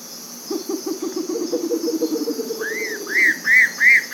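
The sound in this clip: Bare-legged owl producing a low, fast stuttering trill that fades, followed by four loud arched whistled notes, with insects buzzing behind.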